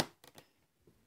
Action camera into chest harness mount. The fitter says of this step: ça c'est enclenché.